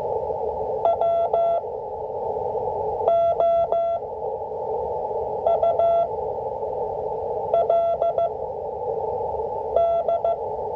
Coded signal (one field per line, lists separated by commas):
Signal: Morse code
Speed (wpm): 14 wpm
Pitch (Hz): 680 Hz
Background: none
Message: WOULD